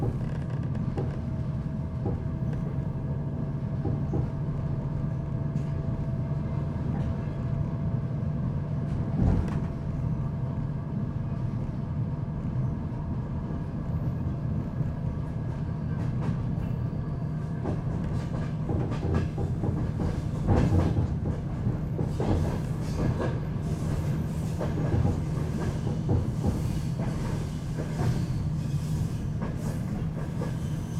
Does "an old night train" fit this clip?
yes